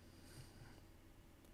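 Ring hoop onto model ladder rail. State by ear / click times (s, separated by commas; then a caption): not seated / none. A small laser-cut ring hoop is handled over the notches of a ladder rail on a model railway crane; the rings are made slightly smaller so they click and grip on. Only a low, steady background rumble with faint handling noise is heard for 1.6 seconds. Nothing has seated or clicked yet.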